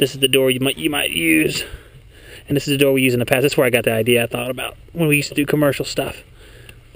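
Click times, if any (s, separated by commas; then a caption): 6.7 s. Someone talks while a metal access door on an HVAC return duct is closed. Its latch locks into place at 6.7 s with a short, sharp click, sealing the door against an inside gasket that makes it fairly airtight.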